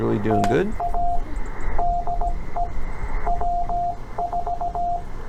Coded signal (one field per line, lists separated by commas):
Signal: Morse code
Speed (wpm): 17 wpm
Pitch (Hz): 700 Hz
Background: speech, radio noise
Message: TA DE W4